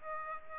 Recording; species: mosquito wingbeat signal from an infrared sensor; Aedes aegypti